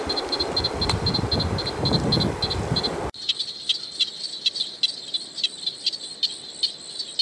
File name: crinia tinnula